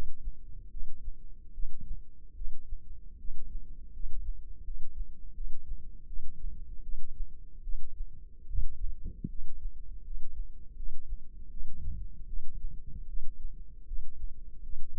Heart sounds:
heart sounds by microphone in the left ear; 78 bpm
0.69 s: heartbeat
1.52 s: heartbeat
2.34 s: heartbeat
3.17 s: heartbeat
3.91 s: heartbeat
4.63 s: heartbeat
5.33 s: heartbeat
6.05 s: heartbeat
6.81 s: heartbeat
7.62 s: heartbeat
8.45 s: heartbeat
9.27 s: heartbeat
10.02 s: heartbeat
10.75 s: heartbeat
11.49 s: heartbeat
12.26 s: heartbeat
13.06 s: heartbeat
13.85 s: heartbeat
14.61 s: heartbeat
From the record:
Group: healthy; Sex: female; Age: 19 years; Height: 163 cm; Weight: 51 kg

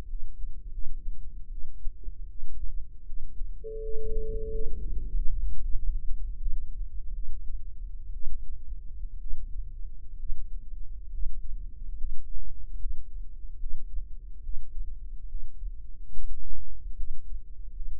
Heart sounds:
heart sounds by microphone in the right ear; 75 bpm
0.08 s: heartbeat
0.72 s: heartbeat
1.51 s: heartbeat
2.28 s: heartbeat
3.05 s: heartbeat
3.82 s: heartbeat
4.50 s: heartbeat
5.14 s: heartbeat
5.76 s: heartbeat
6.39 s: heartbeat
7.14 s: heartbeat
8.13 s: heartbeat
9.20 s: heartbeat
10.17 s: heartbeat
11.10 s: heartbeat
11.96 s: heartbeat
12.78 s: heartbeat
13.58 s: heartbeat
14.41 s: heartbeat
15.27 s: heartbeat
16.12 s: heartbeat
16.95 s: heartbeat
17.72 s: heartbeat
From the record:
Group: healthy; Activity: rest 0-3 s, breath hold 3-18 s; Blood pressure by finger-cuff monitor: 97/61 mmHg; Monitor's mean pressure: 76 mmHg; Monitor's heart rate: 75 bpm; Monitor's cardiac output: 7.3 L/min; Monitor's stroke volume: 90 mL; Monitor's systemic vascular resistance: 760 dyn s/cm5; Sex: female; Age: 22 years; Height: 157 cm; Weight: 47.6 kg

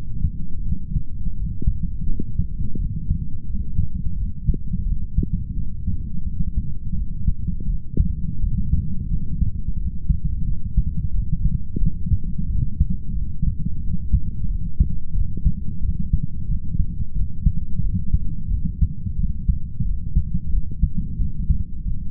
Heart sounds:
heart sounds by stethoscope; 88 bpm
0.65 s: heartbeat
1.37 s: heartbeat
2.08 s: heartbeat
2.79 s: heartbeat
3.48 s: heartbeat
4.18 s: heartbeat
4.87 s: heartbeat
5.57 s: heartbeat
6.27 s: heartbeat
6.97 s: heartbeat
7.69 s: heartbeat
8.42 s: heartbeat
9.11 s: heartbeat
9.79 s: heartbeat
10.47 s: heartbeat
11.14 s: heartbeat
11.82 s: heartbeat
12.50 s: heartbeat
13.17 s: heartbeat
13.84 s: heartbeat
14.50 s: heartbeat
15.16 s: heartbeat
15.83 s: heartbeat
16.49 s: heartbeat
17.16 s: heartbeat
17.84 s: heartbeat
18.52 s: heartbeat
19.19 s: heartbeat
19.86 s: heartbeat
20.53 s: heartbeat
21.20 s: heartbeat
21.86 s: heartbeat
From the record:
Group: healthy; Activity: light exercise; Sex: male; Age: 22 years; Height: 181 cm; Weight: 79 kg

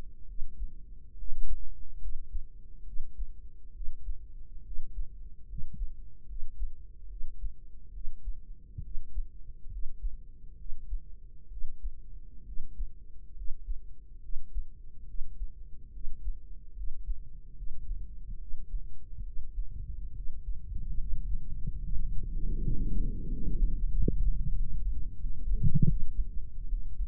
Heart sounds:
heart sounds by microphone in the right ear; 73 bpm
0.24 s: heartbeat
1.14 s: heartbeat
1.97 s: heartbeat
2.82 s: heartbeat
3.71 s: heartbeat
4.61 s: heartbeat
5.45 s: heartbeat
6.25 s: heartbeat
7.06 s: heartbeat
7.89 s: heartbeat
8.80 s: heartbeat
9.67 s: heartbeat
10.54 s: heartbeat
11.47 s: heartbeat
12.42 s: heartbeat
13.32 s: heartbeat
14.18 s: heartbeat
15.04 s: heartbeat
15.89 s: heartbeat
16.72 s: heartbeat
17.53 s: heartbeat
18.36 s: heartbeat
19.22 s: heartbeat
20.12 s: heartbeat
20.95 s: heartbeat
21.79 s: heartbeat
22.59 s: heartbeat
23.27 s: heartbeat
23.91 s: heartbeat
24.53 s: heartbeat
25.18 s: heartbeat
25.86 s: heartbeat
26.67 s: heartbeat
From the record:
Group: healthy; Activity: rest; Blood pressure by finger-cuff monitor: 108/66 mmHg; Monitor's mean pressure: 78 mmHg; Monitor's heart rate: 70 bpm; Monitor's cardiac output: 5.6 L/min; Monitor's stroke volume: 81 mL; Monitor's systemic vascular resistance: 980 dyn s/cm5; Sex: female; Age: 23 years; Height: 160 cm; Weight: 50.4 kg

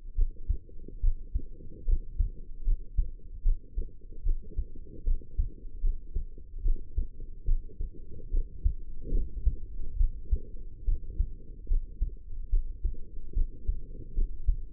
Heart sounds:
heart sounds by stethoscope; 73 bpm
0.15 s: heartbeat
1.01 s: heartbeat
1.85 s: heartbeat
2.64 s: heartbeat
3.43 s: heartbeat
4.23 s: heartbeat
5.04 s: heartbeat
5.81 s: heartbeat
6.62 s: heartbeat
7.45 s: heartbeat
8.31 s: heartbeat
9.11 s: heartbeat
9.97 s: heartbeat
10.85 s: heartbeat
11.68 s: heartbeat
12.50 s: heartbeat
13.34 s: heartbeat
14.14 s: heartbeat
From the record:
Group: healthy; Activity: rest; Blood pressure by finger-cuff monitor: 103/67 mmHg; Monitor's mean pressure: 78 mmHg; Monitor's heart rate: 73 bpm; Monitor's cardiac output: 5.7 L/min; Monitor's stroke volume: 78 mL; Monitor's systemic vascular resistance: 980 dyn s/cm5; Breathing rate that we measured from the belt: 19 breaths a minute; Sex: female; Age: 22 years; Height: 160 cm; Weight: 45 kg

